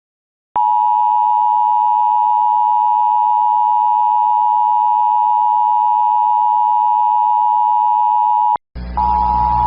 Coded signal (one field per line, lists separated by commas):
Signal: Emergency Alert System (SAME) tones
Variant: 853 and 960 Hz attention tone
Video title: [EAS Mock] "The Black Text VDS" (October 7, 2003)